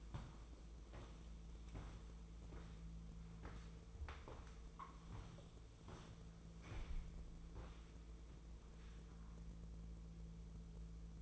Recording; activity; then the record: daily activity, microphone in the room; walk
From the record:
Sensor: 1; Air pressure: 1005.5 hPa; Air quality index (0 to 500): 123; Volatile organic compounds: 5 ppm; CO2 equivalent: 1718 ppm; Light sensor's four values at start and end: 11/27/11/12 and 11/27/11/12